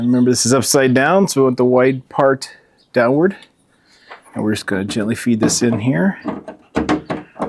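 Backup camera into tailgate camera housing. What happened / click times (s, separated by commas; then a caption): The part is being fed into its housing and has not seated yet / none. A backup camera for a Jeep Gladiator tailgate is held upside down with its wide part downward and gently fed into its plastic carrier in the tailgate camera housing while someone talks. Near the end, a few short sharp handling knocks come at about 6.8, 6.9, 7.1 and 7.4 seconds. Nothing has seated or snapped into place yet.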